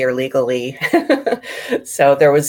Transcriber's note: laughs